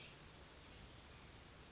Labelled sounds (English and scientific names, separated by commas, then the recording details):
Cassin's Vireo (Vireo cassinii)
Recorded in Sonoma County, California